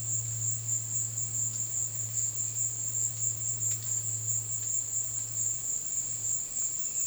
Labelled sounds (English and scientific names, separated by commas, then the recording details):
none
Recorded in dense forest near Puerto Asís, Putumayo, Colombia, on 20 February 2024 at 14:00
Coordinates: 0.500, -76.322
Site G6465